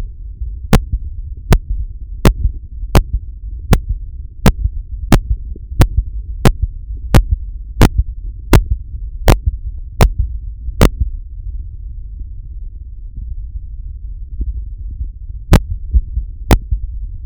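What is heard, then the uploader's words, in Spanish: Heart sounds heard through a stethoscope: sharp, evenly spaced beats over a steady low rumble for about eleven seconds. Then the beats stop for a long pause of roughly four seconds before two more arrive near the end. Auscultación cardiaca del paciente en la que se escucha una marcada bradicardia con ritmo irregular y momentos de pausa prolongada.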